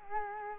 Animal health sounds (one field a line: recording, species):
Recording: mosquito wingbeat signal from an infrared sensor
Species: Culex quinquefasciatus